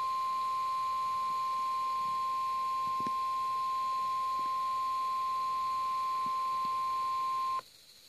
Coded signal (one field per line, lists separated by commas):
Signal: Emergency Alert System (SAME) tones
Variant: 1050 Hz attention tone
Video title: Radio EAS 9 - SVR 8